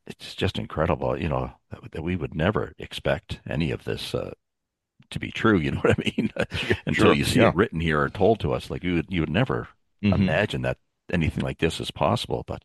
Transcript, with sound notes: it's just incredible, you know, that, that we would never expect any of this, uh, to be true, you know what I mean? (laughs)
Sure, yeah.
Until you see it written here and told to us, like, you would, you would never-
Mm-hmm.
... imagine that anything like this is possible,